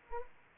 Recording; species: mosquito wingbeat signal from an infrared sensor; Anopheles arabiensis